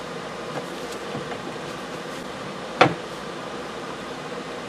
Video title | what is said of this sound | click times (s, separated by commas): 2001 LEXUS IS300 DASH REDESIGN WITH ANDROID SYSTEM - part 2 | know, just drop it right in and it should snap in. I'm gonna give this a try and cross my fingers this fits. | 2.8 s